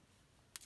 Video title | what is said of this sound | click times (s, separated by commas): General mobile gm5 plus kronik şebeke çözümü | kablosunu yerine takıyoruz çıt diye bir ses gelmesi gerekiyor çünkü | 0.6 s